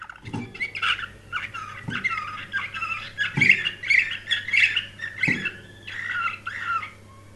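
Canary singing a dense, continuous warble of rolling trills and buzzy notes, broken by a few low thumps and a constant background hum.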